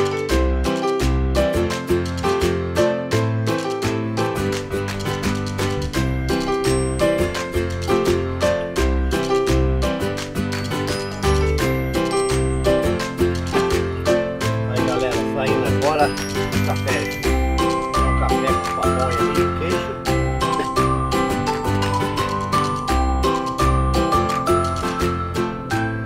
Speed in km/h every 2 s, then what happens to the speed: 0, 7, 9, 5, 6, 9, 16, 20, 25, 30, 37, 43, 49.
0-3 pulls away to 9. 7-26 speeds up to 49.